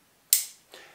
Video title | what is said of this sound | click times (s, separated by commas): Expansion vessel Service valve Review | when you finally open up this valve back up you'll hear an audible click now | 0.3 s